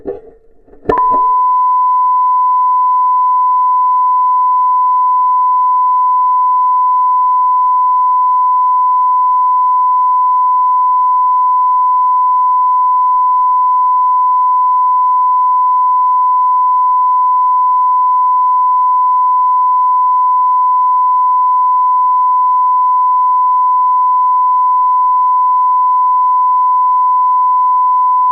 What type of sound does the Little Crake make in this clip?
song